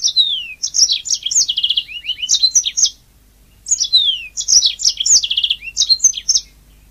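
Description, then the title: Oriental magpie-robin giving two long varied song bursts, with falling slurred whistles, rapid trills and sharp chips, separated by a short quiet gap. "Kicau Kacer"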